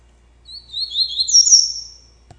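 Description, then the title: Double-collared seedeater singing a single high phrase of slurred notes ending in a long, high trill, followed by a faint click. "Canto Coleiro"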